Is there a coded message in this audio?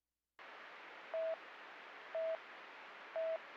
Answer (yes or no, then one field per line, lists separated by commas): no